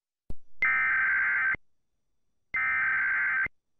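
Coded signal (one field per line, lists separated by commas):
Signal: Emergency Alert System (SAME) tones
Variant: header bursts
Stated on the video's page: Self-made recreation of an EAS test audio sequence.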